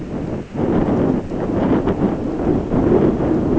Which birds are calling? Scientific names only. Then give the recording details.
none. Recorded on Arctic tundra, site ZACK-1, on 16 June 2019. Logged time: 07:49